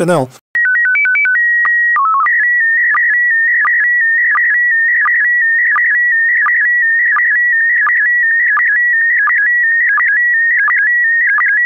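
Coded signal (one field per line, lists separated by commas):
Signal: SSTV (slow-scan television)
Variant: PD 90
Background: speech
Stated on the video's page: SSTV image transmitted in PD90 mode.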